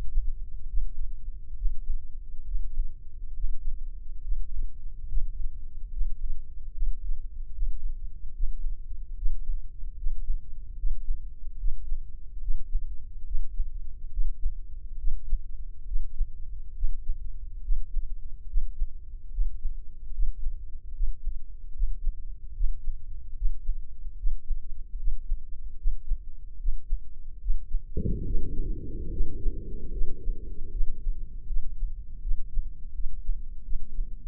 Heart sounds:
heart sounds by microphone in the left ear; 73 bpm
0.68 s: heartbeat
1.56 s: heartbeat
2.45 s: heartbeat
3.34 s: heartbeat
4.21 s: heartbeat
5.07 s: heartbeat
5.90 s: heartbeat
6.72 s: heartbeat
7.52 s: heartbeat
8.33 s: heartbeat
9.16 s: heartbeat
9.96 s: heartbeat
10.76 s: heartbeat
11.57 s: heartbeat
12.40 s: heartbeat
13.25 s: heartbeat
14.11 s: heartbeat
14.98 s: heartbeat
15.86 s: heartbeat
16.75 s: heartbeat
17.62 s: heartbeat
18.48 s: heartbeat
19.31 s: heartbeat
20.13 s: heartbeat
20.93 s: heartbeat
21.73 s: heartbeat
22.54 s: heartbeat
23.35 s: heartbeat
24.17 s: heartbeat
24.98 s: heartbeat
25.77 s: heartbeat
26.59 s: heartbeat
27.40 s: heartbeat
28.25 s: heartbeat
29.11 s: heartbeat
29.92 s: heartbeat
30.71 s: heartbeat
31.47 s: heartbeat
32.22 s: heartbeat
32.94 s: heartbeat
33.64 s: heartbeat
From the record:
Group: healthy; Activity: breath hold 0-30 s, rest 30-34 s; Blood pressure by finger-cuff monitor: 162/87 mmHg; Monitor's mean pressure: 102 mmHg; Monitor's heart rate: 72 bpm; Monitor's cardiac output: 7 L/min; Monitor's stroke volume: 98 mL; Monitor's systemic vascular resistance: 1050 dyn s/cm5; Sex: male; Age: 57 years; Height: 188 cm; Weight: 106 kg

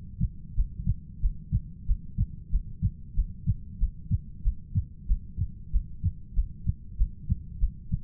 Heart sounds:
heart sounds by stethoscope; 94 bpm
0.55 s: heartbeat
1.20 s: heartbeat
1.86 s: heartbeat
2.50 s: heartbeat
3.14 s: heartbeat
3.78 s: heartbeat
4.42 s: heartbeat
5.06 s: heartbeat
5.71 s: heartbeat
6.34 s: heartbeat
6.96 s: heartbeat
7.58 s: heartbeat
From the record:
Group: heart failure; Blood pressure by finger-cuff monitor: 75/57 mmHg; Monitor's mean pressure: 62 mmHg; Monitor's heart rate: 92 bpm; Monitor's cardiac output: 6.4 L/min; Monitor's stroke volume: 69 mL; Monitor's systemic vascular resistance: 690 dyn s/cm5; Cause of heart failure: ischemic heart disease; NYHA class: 1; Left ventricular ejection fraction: 38%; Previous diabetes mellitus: present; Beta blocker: bisoprolol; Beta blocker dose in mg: 15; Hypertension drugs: sacubitril-valsartan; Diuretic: furosemide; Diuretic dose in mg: 20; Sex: male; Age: 33 years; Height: 172 cm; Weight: 78.5 kg

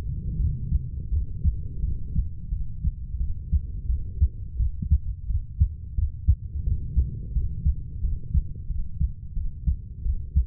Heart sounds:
heart sounds by stethoscope; 87 bpm
0.37 s: heartbeat
1.10 s: heartbeat
1.81 s: heartbeat
2.49 s: heartbeat
3.18 s: heartbeat
3.87 s: heartbeat
4.58 s: heartbeat
5.28 s: heartbeat
5.96 s: heartbeat
6.65 s: heartbeat
7.33 s: heartbeat
8.01 s: heartbeat
8.68 s: heartbeat
9.34 s: heartbeat
10.03 s: heartbeat
From the record:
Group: healthy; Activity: cold pressor test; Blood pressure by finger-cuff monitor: 114/51 mmHg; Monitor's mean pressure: 75 mmHg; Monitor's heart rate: 87 bpm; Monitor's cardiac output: 10.9 L/min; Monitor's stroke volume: 126 mL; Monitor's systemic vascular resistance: 500 dyn s/cm5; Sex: female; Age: 32 years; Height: 168 cm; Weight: 61.9 kg

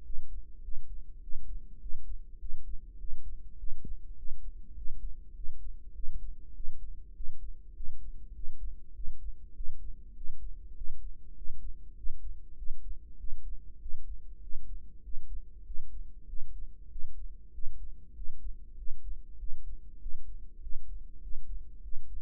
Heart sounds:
heart sounds by microphone in the right ear; 99 bpm
0.05 s: heartbeat
0.63 s: heartbeat
1.22 s: heartbeat
1.81 s: heartbeat
2.40 s: heartbeat
2.99 s: heartbeat
3.58 s: heartbeat
4.17 s: heartbeat
4.76 s: heartbeat
5.35 s: heartbeat
5.95 s: heartbeat
6.55 s: heartbeat
7.15 s: heartbeat
7.75 s: heartbeat
8.35 s: heartbeat
8.95 s: heartbeat
9.55 s: heartbeat
10.16 s: heartbeat
10.76 s: heartbeat
11.36 s: heartbeat
11.96 s: heartbeat
12.57 s: heartbeat
13.19 s: heartbeat
13.81 s: heartbeat
14.42 s: heartbeat
15.03 s: heartbeat
15.66 s: heartbeat
16.28 s: heartbeat
16.90 s: heartbeat
17.53 s: heartbeat
18.15 s: heartbeat
18.77 s: heartbeat
19.39 s: heartbeat
20.01 s: heartbeat
20.62 s: heartbeat
21.22 s: heartbeat
21.83 s: heartbeat
From the record:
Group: healthy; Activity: cold pressor test 0-20 s, rest 20-22 s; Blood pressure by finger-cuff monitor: 138/91 mmHg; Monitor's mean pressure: 109 mmHg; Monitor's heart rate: 100 bpm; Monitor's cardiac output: 7.6 L/min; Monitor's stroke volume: 76 mL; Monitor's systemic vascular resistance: 1070 dyn s/cm5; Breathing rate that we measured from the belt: 18 breaths a minute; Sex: male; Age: 21 years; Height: 175 cm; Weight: 72.6 kg

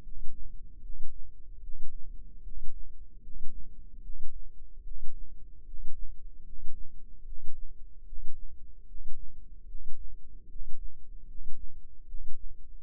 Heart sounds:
heart sounds by microphone in the left ear; 75 bpm
0.02 s: heartbeat
0.81 s: heartbeat
1.60 s: heartbeat
2.42 s: heartbeat
3.21 s: heartbeat
4.01 s: heartbeat
4.83 s: heartbeat
5.64 s: heartbeat
6.43 s: heartbeat
7.24 s: heartbeat
8.04 s: heartbeat
8.85 s: heartbeat
9.66 s: heartbeat
10.47 s: heartbeat
11.25 s: heartbeat
12.05 s: heartbeat
From the record:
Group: healthy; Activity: rest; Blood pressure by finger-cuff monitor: 111/62 mmHg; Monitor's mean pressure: 77 mmHg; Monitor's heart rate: 75 bpm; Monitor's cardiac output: 7.6 L/min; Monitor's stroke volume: 101 mL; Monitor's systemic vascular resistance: 720 dyn s/cm5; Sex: male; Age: 35 years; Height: 180 cm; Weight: 86.9 kg

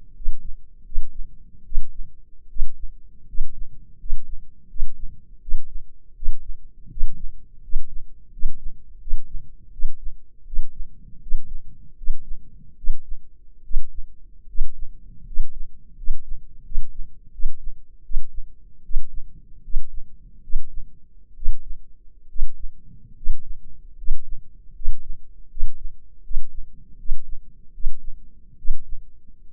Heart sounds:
heart sounds by microphone in the left ear; 78 bpm
0.14 s: heartbeat
0.84 s: heartbeat
1.64 s: heartbeat
2.48 s: heartbeat
3.27 s: heartbeat
3.98 s: heartbeat
4.68 s: heartbeat
5.40 s: heartbeat
6.14 s: heartbeat
6.89 s: heartbeat
7.62 s: heartbeat
8.31 s: heartbeat
8.99 s: heartbeat
9.71 s: heartbeat
10.45 s: heartbeat
11.20 s: heartbeat
11.96 s: heartbeat
12.76 s: heartbeat
13.63 s: heartbeat
14.47 s: heartbeat
15.25 s: heartbeat
15.96 s: heartbeat
16.63 s: heartbeat
17.32 s: heartbeat
18.03 s: heartbeat
18.83 s: heartbeat
19.62 s: heartbeat
20.42 s: heartbeat
21.35 s: heartbeat
22.28 s: heartbeat
23.15 s: heartbeat
23.96 s: heartbeat
24.74 s: heartbeat
25.49 s: heartbeat
26.22 s: heartbeat
26.97 s: heartbeat
27.72 s: heartbeat
28.57 s: heartbeat
29.49 s: heartbeat
From the record:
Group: healthy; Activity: rest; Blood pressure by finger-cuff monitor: 168/118 mmHg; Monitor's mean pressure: 128 mmHg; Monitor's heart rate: 80 bpm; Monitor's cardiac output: 6.4 L/min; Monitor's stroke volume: 80 mL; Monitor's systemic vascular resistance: 1510 dyn s/cm5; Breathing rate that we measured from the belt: 16 breaths a minute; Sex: male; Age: 23 years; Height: 179 cm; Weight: 87 kg

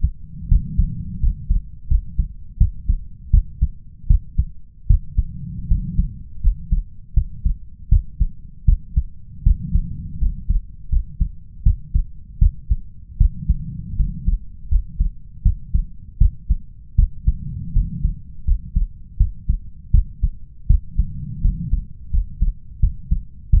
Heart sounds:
heart sounds by stethoscope; 81 bpm
0.48 s: heartbeat
1.20 s: heartbeat
1.88 s: heartbeat
2.57 s: heartbeat
3.30 s: heartbeat
4.07 s: heartbeat
4.87 s: heartbeat
5.67 s: heartbeat
6.41 s: heartbeat
7.13 s: heartbeat
7.89 s: heartbeat
8.65 s: heartbeat
9.43 s: heartbeat
10.18 s: heartbeat
10.89 s: heartbeat
11.63 s: heartbeat
12.38 s: heartbeat
13.17 s: heartbeat
13.96 s: heartbeat
14.68 s: heartbeat
15.42 s: heartbeat
16.18 s: heartbeat
16.95 s: heartbeat
17.72 s: heartbeat
18.44 s: heartbeat
19.17 s: heartbeat
19.91 s: heartbeat
20.67 s: heartbeat
21.41 s: heartbeat
22.10 s: heartbeat
22.79 s: heartbeat
23.50 s: heartbeat
From the record:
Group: healthy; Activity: rest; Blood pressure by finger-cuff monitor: 122/88 mmHg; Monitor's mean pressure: 99 mmHg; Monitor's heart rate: 80 bpm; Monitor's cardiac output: 5.8 L/min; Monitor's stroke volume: 72 mL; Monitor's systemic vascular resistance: 1250 dyn s/cm5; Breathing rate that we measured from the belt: 15 breaths a minute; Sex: male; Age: 21 years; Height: 180 cm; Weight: 67.5 kg

